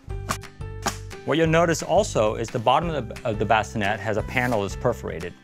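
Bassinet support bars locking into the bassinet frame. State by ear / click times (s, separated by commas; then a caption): seated / 0.3 s. The two support bars under the mattress of an Uppababy Vista bassinet are pulled out to the edges of the frame until they lock. A sharp, loud click at 0.3 s marks the bars seating into place, followed by someone talking over background music.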